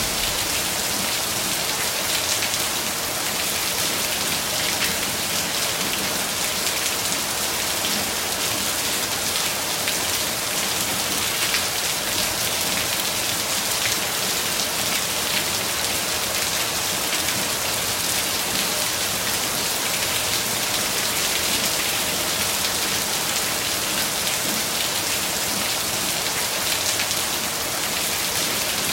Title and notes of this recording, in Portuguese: Barulho de Chuva Forte. Barulho de uma chuva forte e seus trovões que cai repentinamente